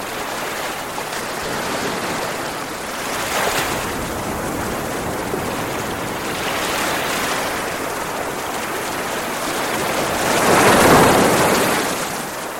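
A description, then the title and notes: Gentle sea waves wash in a continuous hiss, with soft swells rising around 3, 7 and 11 seconds; the last is the fullest and closest. Between them the water settles into a steady, even rush with no other sounds. The Gentle Sounds of the Sea.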